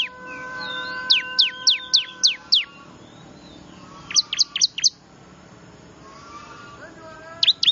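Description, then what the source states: Bar-winged prinia producing quick series of sharp, high, downward-slurred chirps in three bursts, with faint soft whistles in the background. Noisy lure call, described as highly effective, used to attract wild birds.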